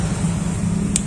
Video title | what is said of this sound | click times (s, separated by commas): salah bengkel sgcu dan fullpump aerox old jebol part 2 | sudah masuk klik Sudah klik ini kita tambah lagi Klik di | 1.0 s